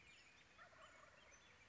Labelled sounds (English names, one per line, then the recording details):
Wild Turkey
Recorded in Sonoma County, California